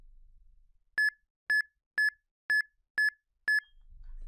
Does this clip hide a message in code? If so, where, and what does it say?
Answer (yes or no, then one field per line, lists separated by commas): no